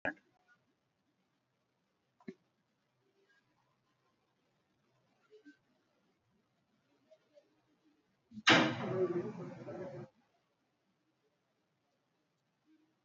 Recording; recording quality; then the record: shallow breathing; poor, much background noise or distortion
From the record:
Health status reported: recovered from COVID-19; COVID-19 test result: negative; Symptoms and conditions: cough, fever, hypertension, diabetes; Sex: male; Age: 65 years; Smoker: not ticked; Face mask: not worn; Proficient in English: yes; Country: India